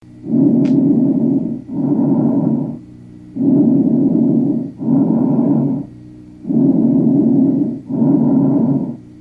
Bronchial breath sounds.